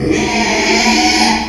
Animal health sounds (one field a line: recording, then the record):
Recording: squeal of a Yucatan mini pig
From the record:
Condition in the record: after surgery on the right vocal fold (resection and tissue-engineered implant)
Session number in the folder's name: 2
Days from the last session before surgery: 13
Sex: male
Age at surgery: 12 weeks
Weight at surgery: 13 kg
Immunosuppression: cyclosporine, prednisolone